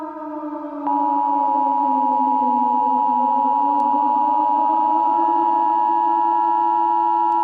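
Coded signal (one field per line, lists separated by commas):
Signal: Emergency Alert System (SAME) tones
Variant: 853 and 960 Hz attention tone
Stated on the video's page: Fictional EAS scenario made with an EAS simulator program.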